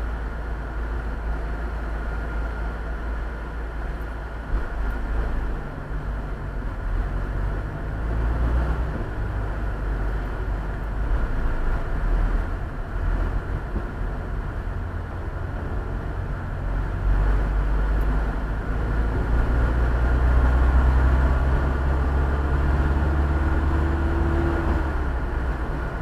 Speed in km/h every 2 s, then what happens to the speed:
20, 14, 10, 15, 21, 21, 23, 24, 25, 31, 35, 41, 42.
0-4 slows to 10. 4-8 speeds up to 21. 8-16 steady at about 23. 16-22 speeds up to 41.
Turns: none.